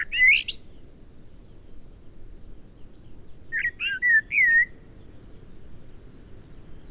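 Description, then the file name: Eurasian blackbird: a loud fluty note at the start, then after a pause a phrase of several mellow whistled notes with slurred turns. "Turdus merula"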